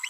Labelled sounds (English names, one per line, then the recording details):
Green-rumped Parrotlet babbling
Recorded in a nest box in Venezuela
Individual 18B25A5